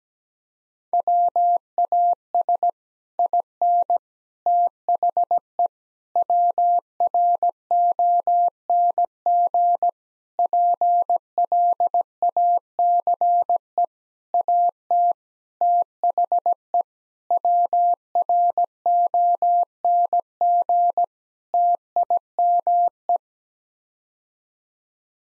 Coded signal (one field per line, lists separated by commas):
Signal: Morse code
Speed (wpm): 17 wpm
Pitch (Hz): 700 Hz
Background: none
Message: WAS IN THE WRONG PLACE AT THE WRONG TIME